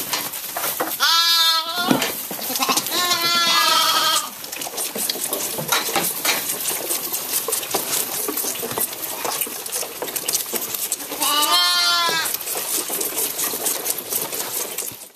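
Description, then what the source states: Sheep lambs give a few loud quavering bleats, then a long stretch of sucking, slurping and rustling before another bleat near the end. Hungry orphan lambs excited to be fed, then each sucking milk from a bottle.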